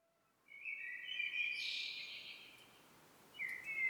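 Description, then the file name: Common blackbird song: a quiet, squeaky, twittering phrase, then the start of another phrase. "Turdus merula"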